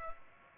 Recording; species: mosquito wingbeat signal from an infrared sensor; Culex pipiens